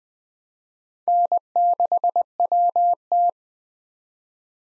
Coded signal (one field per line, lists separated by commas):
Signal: Morse code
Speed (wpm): 21 wpm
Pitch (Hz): 700 Hz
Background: none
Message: N6WT